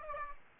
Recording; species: mosquito wingbeat signal from an infrared sensor; Aedes aegypti